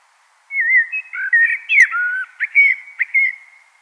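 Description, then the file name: Common blackbird giving one continuous warbled phrase of fluting whistles that slide up and down, broken by sharp high squeaks. "Turdus merula"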